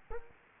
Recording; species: mosquito wingbeat signal from an infrared sensor; Culex quinquefasciatus